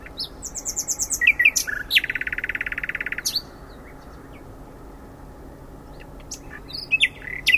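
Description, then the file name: Common nightingale song: varied chirps and a high trill, then a long dense buzzing rattle, pauses, and scattered sharp notes. "Luscinia megarhynchos"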